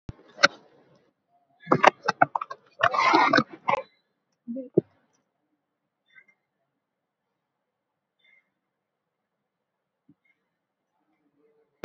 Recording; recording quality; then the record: deep breathing; poor, much background noise or distortion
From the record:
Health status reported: COVID-19 positive, mild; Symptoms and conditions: cough, cold, breathing difficulty, fever, fatigue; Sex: male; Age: 39 years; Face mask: not worn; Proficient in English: no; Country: India